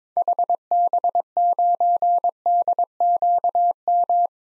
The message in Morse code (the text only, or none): HB9DQM